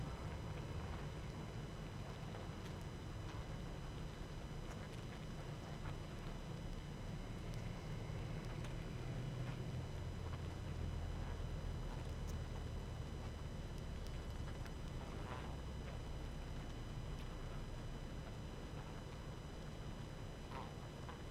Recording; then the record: honeybee colony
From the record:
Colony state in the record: active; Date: 12 June 2018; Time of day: 21:00